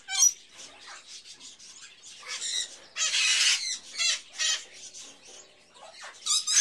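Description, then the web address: Birds calling, soft twittering under several loud raspy screeches, the strongest a long harsh burst near the middle, ending with another sharp squawk. Various birds in a pet shop, ambience. "Sound Ideas Series 2000 Birds, Various Birds In A Pet Shop, Ambience"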